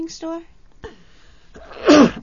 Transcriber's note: coughs